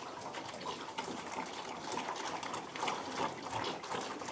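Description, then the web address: Pig slurping greedily, with dense splashy, gulping mouth noises that come quickly and without a break. Domestic pig feeding, recorded at close perspective. "BBC Sound Effects Library Livestock Close Perspective Of Pig Feeding"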